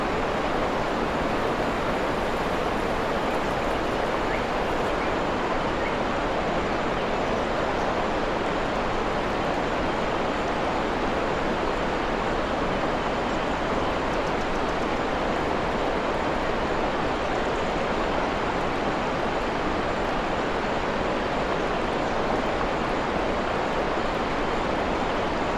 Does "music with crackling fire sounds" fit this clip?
no